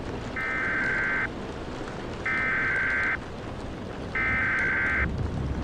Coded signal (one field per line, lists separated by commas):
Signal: Emergency Alert System (SAME) tones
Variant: header bursts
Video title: EAS Mock #1 - 'The Thunderstorm'